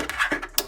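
A stiff plastic panel on a Transformers Cybertron Sideways transforming robot figure is forced open during transformation, with scratchy plastic handling sounds. A sharp snap at 0.6 s marks the panel coming free, and it pops open.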